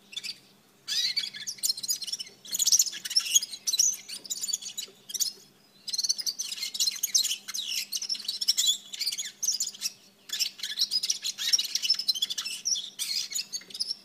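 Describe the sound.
Red-fronted serin twittering: sustained streams of fast, thin, jingling notes and buzzy trills, interrupted by a few short pauses.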